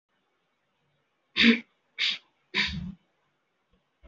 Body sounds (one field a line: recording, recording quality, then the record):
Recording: shallow voluntary cough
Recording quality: moderate, slight background noise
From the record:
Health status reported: healthy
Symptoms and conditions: none ticked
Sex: female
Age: 23 years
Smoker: not ticked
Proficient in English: yes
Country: India